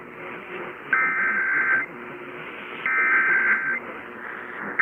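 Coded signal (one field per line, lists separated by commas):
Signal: Emergency Alert System (SAME) tones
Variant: header bursts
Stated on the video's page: Arkansas Required Monthly Test originated on AETN and relayed on all Arkansas radio and TV stations.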